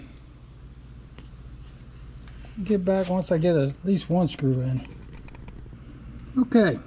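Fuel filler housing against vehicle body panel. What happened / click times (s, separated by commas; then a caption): Housing handled and lined up, not yet seated / none. Someone talks while handling the fuel filler housing against the body panel of a 2001 Jeep TJ during a gas cap replacement, trying to line up its four screw holes. Faint taps of handling noise are heard, but the housing has not seated or clicked, and no screw is in yet.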